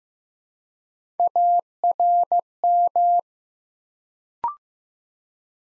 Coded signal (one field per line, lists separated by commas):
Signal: Morse code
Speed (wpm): 15 wpm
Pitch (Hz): 700 Hz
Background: none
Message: ARM